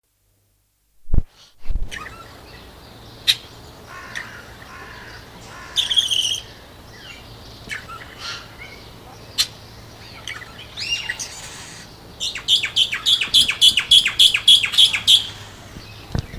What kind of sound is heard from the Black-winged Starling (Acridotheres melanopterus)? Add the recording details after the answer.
song. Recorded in captivity. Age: adult. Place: Zoo Berlin, Berlin, DE. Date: 2000-04-04 13:11. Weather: cloudy, ca. 13°C. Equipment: Nagra SN, Kopie Uher 4000 Report Monitor. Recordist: Tembrock, Günter